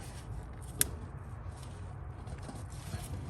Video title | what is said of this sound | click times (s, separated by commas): How to replace the rear brakes on a 2016 + and newer Honda Civic | And make sure that when you plug this in, that you hear a solid click. | 0.8 s